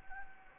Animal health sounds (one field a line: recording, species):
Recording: mosquito wingbeat signal from an infrared sensor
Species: Anopheles gambiae